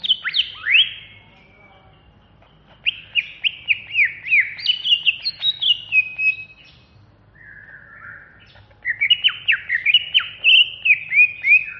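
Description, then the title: Greater green leafbird song: bursts of sharp, falling whistled notes and rapid chattering phrases, pausing briefly, then resuming with quick repeated downslurred notes. Singing in an agitated, aggressive manner in Banyuwangi; song style called ngentrok. "Cucak Hijau Banyuwangi"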